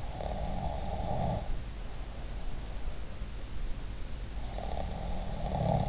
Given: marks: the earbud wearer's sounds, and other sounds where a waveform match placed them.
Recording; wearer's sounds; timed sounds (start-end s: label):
sounds in sleep by an in-ear microphone; snoring breath
0.08-1.46 s: snoring breath
4.61-5.89 s: snoring breath